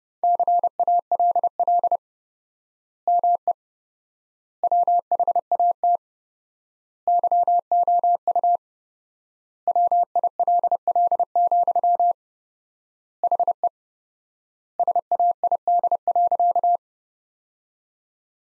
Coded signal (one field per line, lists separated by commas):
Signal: Morse code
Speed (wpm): 31 wpm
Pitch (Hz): 700 Hz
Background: none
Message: CALL ME WHAT YOU WILL, HE SAID.